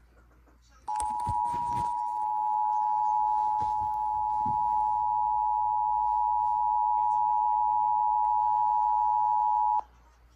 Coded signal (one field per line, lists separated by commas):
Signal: Emergency Alert System (SAME) tones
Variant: 853 and 960 Hz attention tone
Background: speech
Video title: The cat alert Eas alerts from 8/5-8/724 Eas 759-766￼￼